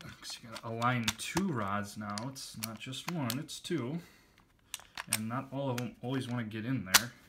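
A pistol slide with a dual recoil-rod setup is being handled onto a pistol frame while someone talks. Small sharp metallic ticks are heard around 4.4, 4.6 and 4.7 seconds. The clip ends before the slide goes home, so nothing has seated or clicked into place yet.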